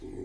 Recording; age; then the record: pig call; weaner (32 to 43 days)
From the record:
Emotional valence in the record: positive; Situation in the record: positive conditioning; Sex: female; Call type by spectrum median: low-frequency call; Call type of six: low-frequency stable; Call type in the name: low-frequency stable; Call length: 0.25 s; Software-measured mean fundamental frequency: 42 Hz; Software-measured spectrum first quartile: 143 Hz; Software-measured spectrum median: 303 Hz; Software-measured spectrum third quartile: 408 Hz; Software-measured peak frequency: 376 Hz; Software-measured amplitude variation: 137 dB a second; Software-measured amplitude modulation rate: 30.0 a second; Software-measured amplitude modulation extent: 4.6 dB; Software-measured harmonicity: 1.7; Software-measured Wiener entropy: 0.16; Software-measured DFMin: 987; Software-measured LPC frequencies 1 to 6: 360, 2002, 3510, 3978, 4822, 6400 Hz